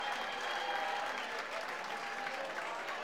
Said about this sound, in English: So let's give them a round of applause if you would, please, for the Chrome Lounge.